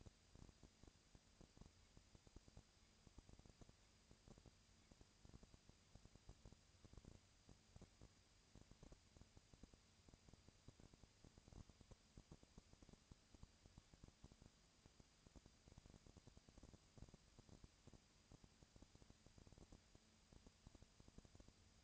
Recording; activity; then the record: daily activity, microphone in the room; no activity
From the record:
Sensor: 2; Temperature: 20.3 degrees Celsius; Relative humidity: 37.0%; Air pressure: 998.7 hPa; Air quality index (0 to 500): 236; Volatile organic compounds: 38 ppm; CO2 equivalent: 3112 ppm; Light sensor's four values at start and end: 2/3/2/2 and 2/3/2/2